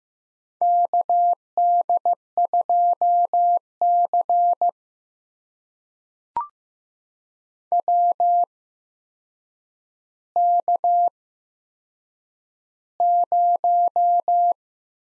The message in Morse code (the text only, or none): KD2C WK0